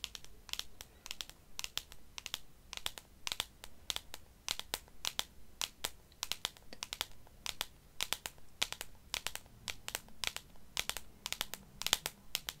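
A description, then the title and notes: Crisp, bright tapping comes in quick, uneven bursts of clicks, with a faint low hum beneath. ASMR Tapping for Tingles & Relaxation ~ (No Talking).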